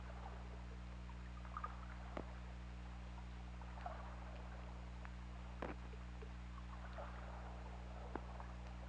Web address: 2018 Pm OL Orca Lab UTLN JASON 20180216 194831